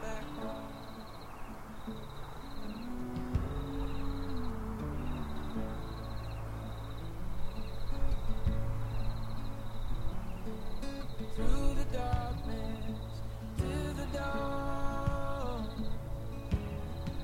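Crickets chirp in steady, evenly spaced high pulses throughout, over a low rumble of wind in the grass with a faint wavering hum. Around 11 to 12 seconds and again near 14 seconds, brief sharp rasping calls break in, perhaps a bird.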